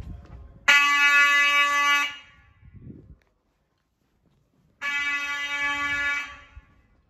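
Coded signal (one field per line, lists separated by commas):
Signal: alarm pattern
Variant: fire alarm horn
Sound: two long harsh buzzing horn blasts, each about 1.5 seconds, with a pause between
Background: room noise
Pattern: 2 long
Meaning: Fire alarm horns sounding the building evacuation signal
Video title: Fire Alarm Test #104 | Vintage Simplex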